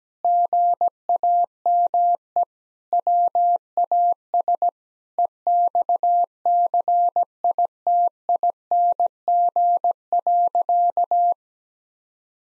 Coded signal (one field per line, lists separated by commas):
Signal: Morse code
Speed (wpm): 17 wpm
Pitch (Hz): 700 Hz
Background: none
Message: GAME WAS EXCITING.